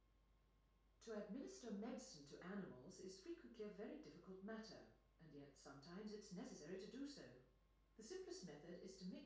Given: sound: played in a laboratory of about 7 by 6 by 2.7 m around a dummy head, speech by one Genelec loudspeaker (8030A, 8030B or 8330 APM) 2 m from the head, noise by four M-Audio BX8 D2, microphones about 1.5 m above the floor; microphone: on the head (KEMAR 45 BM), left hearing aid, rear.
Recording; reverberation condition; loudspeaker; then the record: female speech in English; medium; 60 degrees to the right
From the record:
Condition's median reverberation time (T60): about 510 ms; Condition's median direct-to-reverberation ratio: about -0.5 dB